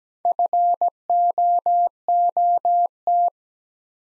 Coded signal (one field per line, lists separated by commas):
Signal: Morse code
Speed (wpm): 17 wpm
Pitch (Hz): 700 Hz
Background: none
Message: FOOT